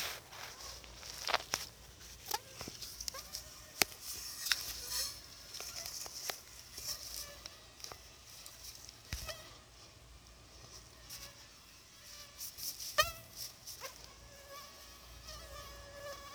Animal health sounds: mosquito flight sound by mobile phone; Anopheles arabiensis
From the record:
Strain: Dongola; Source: CDC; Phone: Sony Xperia

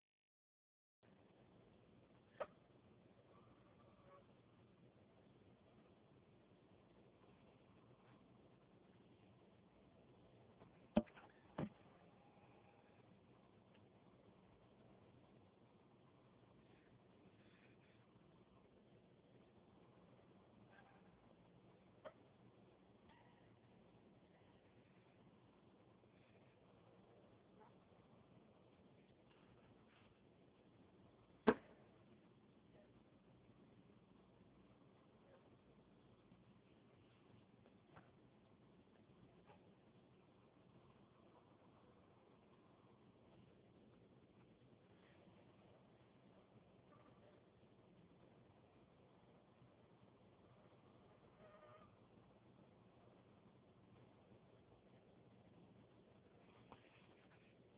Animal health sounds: mosquito flight sound by mobile phone; Anopheles minimus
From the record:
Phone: Huawei 866C

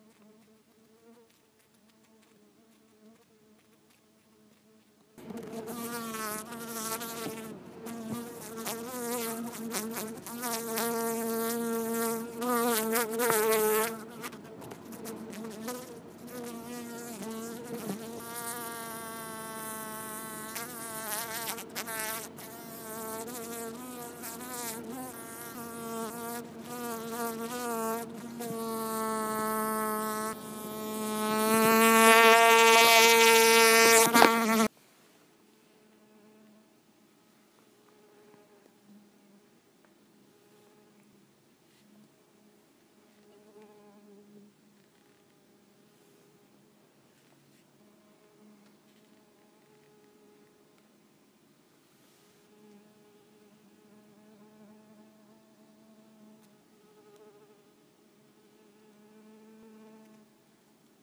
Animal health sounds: mosquito flight sound by mobile phone; Culiseta incidens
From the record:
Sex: female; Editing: snipped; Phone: iPhone 4S

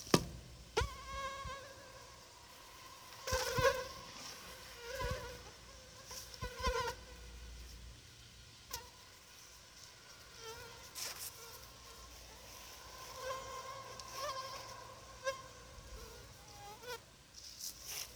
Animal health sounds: mosquito flight sound by mobile phone; Anopheles arabiensis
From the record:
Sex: female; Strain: Rufisque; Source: CDC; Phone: Sony Xperia

